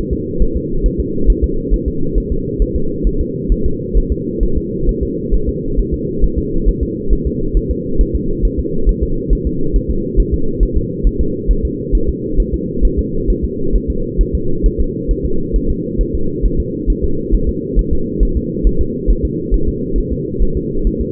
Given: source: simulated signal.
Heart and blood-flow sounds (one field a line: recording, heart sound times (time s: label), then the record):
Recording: fetal heart sounds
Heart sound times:
0.13 s: S2
0.42 s: S1
0.57 s: S2
0.86 s: S1
1.00 s: S2
1.30 s: S1
1.44 s: S2
1.74 s: S1
1.88 s: S2
2.18 s: S1
2.32 s: S2
2.62 s: S1
2.76 s: S2
3.07 s: S1
3.21 s: S2
3.52 s: S1
3.66 s: S2
3.97 s: S1
4.12 s: S2
4.43 s: S1
4.57 s: S2
4.89 s: S1
5.03 s: S2
5.34 s: S1
5.49 s: S2
5.79 s: S1
5.94 s: S2
6.24 s: S1
6.38 s: S2
6.69 s: S1
6.83 s: S2
7.13 s: S1
7.27 s: S2
7.57 s: S1
7.71 s: S2
8.01 s: S1
8.15 s: S2
8.45 s: S1
8.60 s: S2
8.89 s: S1
9.03 s: S2
9.33 s: S1
9.47 s: S2
9.76 s: S1
9.90 s: S2
10.20 s: S1
10.34 s: S2
10.63 s: S1
10.77 s: S2
11.07 s: S1
11.21 s: S2
11.51 s: S1
11.65 s: S2
11.95 s: S1
12.09 s: S2
12.40 s: S1
12.54 s: S2
12.85 s: S1
12.99 s: S2
13.30 s: S1
13.44 s: S2
13.76 s: S1
13.90 s: S2
14.21 s: S1
14.35 s: S2
14.66 s: S1
14.80 s: S2
15.11 s: S1
15.26 s: S2
15.56 s: S1
15.70 s: S2
16.01 s: S1
16.15 s: S2
16.45 s: S1
16.60 s: S2
16.90 s: S1
17.04 s: S2
17.34 s: S1
17.49 s: S2
17.79 s: S1
17.93 s: S2
18.23 s: S1
18.37 s: S2
18.67 s: S1
18.81 s: S2
19.10 s: S1
19.25 s: S2
19.54 s: S1
19.69 s: S2
19.98 s: S1
20.12 s: S2
20.42 s: S1
20.57 s: S2
20.87 s: S1
21.01 s: S2
From the record:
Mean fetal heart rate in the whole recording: 135 bpm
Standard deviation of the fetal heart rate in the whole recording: 3 bpm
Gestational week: 36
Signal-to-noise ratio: -8.1 dB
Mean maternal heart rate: 72 bpm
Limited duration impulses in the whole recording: absent